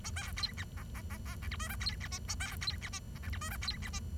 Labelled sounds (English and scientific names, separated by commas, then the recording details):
Bengalese Finch (Lonchura striata domestica) song
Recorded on 23 June 2012 at 09:35
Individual gr41rd51